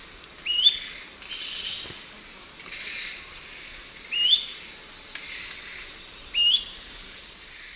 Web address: Natures Songs S America Eastern Lowlands Tolmomyias poliocephalus, call